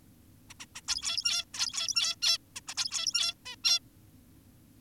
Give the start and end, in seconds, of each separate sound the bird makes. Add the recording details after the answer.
0.50-0.54, 0.60-0.66, 0.75-0.81, 0.88-1.45, 1.54-2.16, 2.22-2.38, 2.56-2.60, 2.68-2.74, 2.76-3.34, 3.46-3.56, 3.64-3.80. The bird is an adult. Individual g17y2U